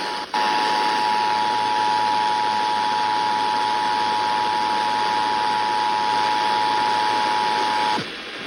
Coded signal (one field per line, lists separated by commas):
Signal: Emergency Alert System (SAME) tones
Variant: 853 and 960 Hz attention tone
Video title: Severe Thunderstorm Warning for Palo Pinto County on KTFW-FM 92.1 (EAS #303)